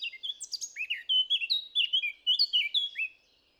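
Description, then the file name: Eurasian blackcap song, a lively stream of clear fluty whistles and warbled notes delivered rapidly for about three seconds before fading. "Sylvia atricapilla"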